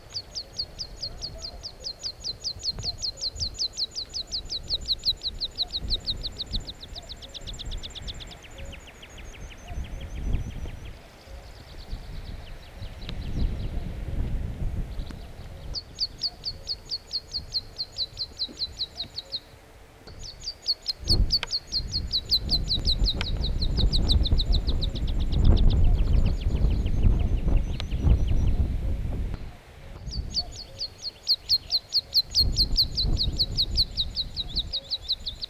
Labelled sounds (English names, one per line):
Meadow Pipit